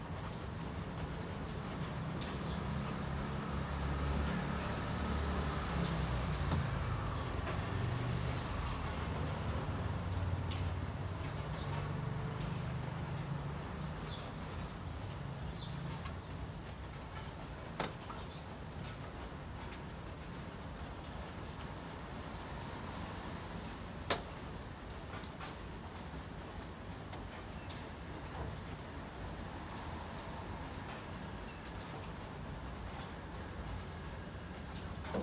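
Rain on a windowsill makes a steady, dense hiss throughout. A low rumble like passing traffic swells through the first fifteen seconds, then fades. Two sharp taps stand out, near 18 and 24 seconds.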